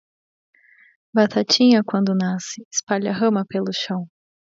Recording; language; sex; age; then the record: short text; Brazilian Portuguese; female; 30 to 39 years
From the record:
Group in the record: control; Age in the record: 36 years